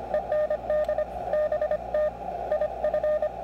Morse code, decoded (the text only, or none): END BT IF